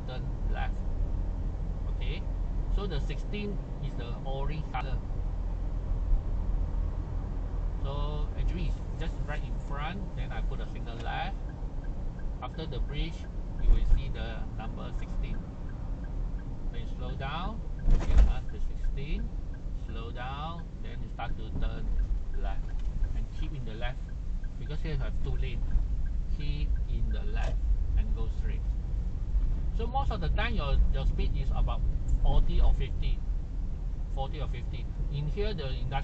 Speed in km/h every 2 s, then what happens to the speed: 46, 46, 45, 45, 44, 43, 42, 40, 37, 33, 30, 22, 19, 20, 24, 26, 27, 30.
0-15 steady at about 44. 15-24 slows to 19. 24-36 speeds up to 30.